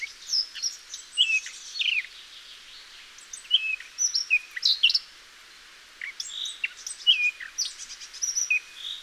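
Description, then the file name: Eurasian blackcap singing in warbling phrases of scratchy and whistled notes, with a short pause near the middle. "Sylvia atricapilla"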